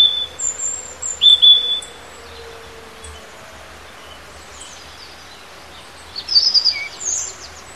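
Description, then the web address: Bird song of high, thin chirps and short whistled notes in two bursts, near the start and again near the end, with quiet pauses between. Native hedge bird, March. "oeko hecke vogel maerz vogel heimisch"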